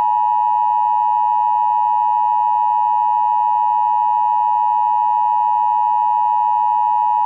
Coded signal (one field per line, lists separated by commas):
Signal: Emergency Alert System (SAME) tones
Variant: 853 and 960 Hz attention tone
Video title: EAS severe t'storm warning for franklin county ok.